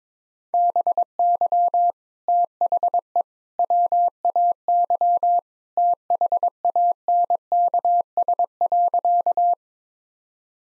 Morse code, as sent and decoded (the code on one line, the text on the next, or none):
-... -.-- / - .... . / .-- .- -.-- / - .... .- -. -.- ... .-.-.-
BY THE WAY THANKS.